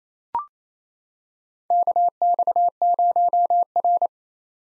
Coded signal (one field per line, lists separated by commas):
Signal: Morse code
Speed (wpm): 29 wpm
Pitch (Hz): 700 Hz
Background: none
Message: KX0R